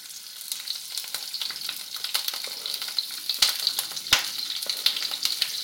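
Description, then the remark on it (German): Steady, crackling sizzle of vegetables frying in hot fat, a dense hiss with sharp pops and a couple of louder spits, continuous throughout with no one speaking. “Wie man das hört, das Fett ist heiß und das Gemüse ist in der Pfanne.”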